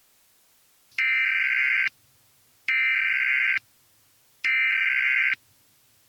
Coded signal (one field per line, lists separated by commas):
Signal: Emergency Alert System (SAME) tones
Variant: header bursts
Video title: EAS Scenario: Armistice Pathogen [Life Among the Dead]